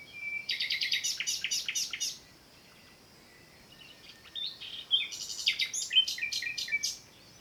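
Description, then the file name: Common nightingale singing two phrases of fast repeated buzzy notes separated by a quiet gap, the second with a few thin whistles mixed in. "Luscinia megarhynchos"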